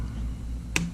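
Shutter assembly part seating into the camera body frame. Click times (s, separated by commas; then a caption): 0.8 s. A shutter assembly part for a Sony A72 camera, with its tabs lined up, is pushed down into the camera body frame over a low steady hum. A single sharp, short click at 0.8 s marks the part seating into place.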